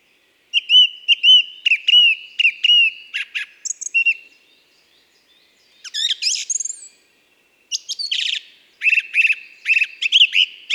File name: Grive musicienne ABC des chants doiseaux